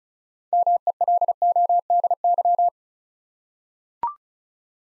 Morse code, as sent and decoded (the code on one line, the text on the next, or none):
-- . .-.. --- -.. -.--
MELODY